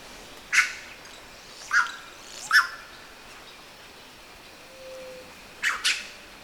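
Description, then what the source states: Red-rumped cacique calling with short, rough squawks, three close together, then a pause and a quick double squawk; a faint whistle sounds in between. Recorded on 19 September 2011.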